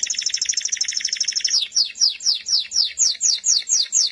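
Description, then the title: Canary song: a dense rapid trill for about a second and a half, then a series of slower repeated downward-sweeping notes. "Kenari"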